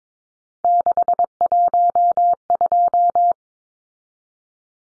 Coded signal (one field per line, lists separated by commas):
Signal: Morse code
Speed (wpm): 22 wpm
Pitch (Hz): 700 Hz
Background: none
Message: 612